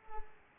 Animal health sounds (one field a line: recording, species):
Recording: mosquito wingbeat signal from an infrared sensor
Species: Culex pipiens